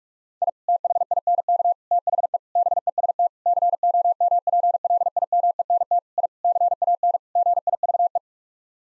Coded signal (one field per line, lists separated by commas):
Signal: Morse code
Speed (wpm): 42 wpm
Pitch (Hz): 700 Hz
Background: none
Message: I THINK THE BEST COMPLIMENT I CAN GIVE